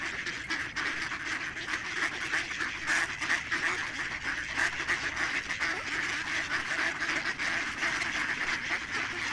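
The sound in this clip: Ducks quacking rapidly and irregularly in a crowded chorus, many calls stacked over one another, loudness rising and falling.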